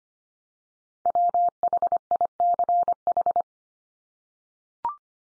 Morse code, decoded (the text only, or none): WHICH